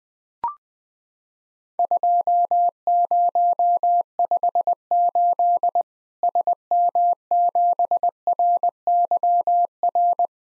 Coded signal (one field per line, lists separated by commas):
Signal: Morse code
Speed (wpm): 20 wpm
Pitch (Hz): 700 Hz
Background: none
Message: 2058 SM7RYR